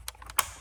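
A second wiring harness connector is worked into place on the back of the HVAC unit during an automatic climate control retrofit on an FRS/BRZ. Faint plastic taps and rubbing lead up to one sharp, bright click at 0.4 s, followed by a brief tail and a soft tap. The connector is confirmed seated, latched home on the rear of the unit.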